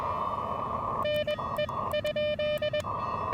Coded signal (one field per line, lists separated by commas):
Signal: Morse code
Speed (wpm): 19 wpm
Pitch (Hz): 600 Hz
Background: none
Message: NE?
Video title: Challenging Prop: Post-Hamvention POTA with Friends at Dayton Aviation Heritage NHP!